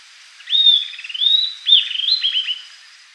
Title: LuckyPassaro Completos2Sama. Southern Antpipit (Corythopis delalandi)